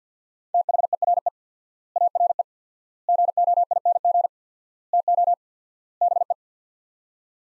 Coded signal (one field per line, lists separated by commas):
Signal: Morse code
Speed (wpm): 50 wpm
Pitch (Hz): 700 Hz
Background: none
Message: THERE ARE GOING TO BE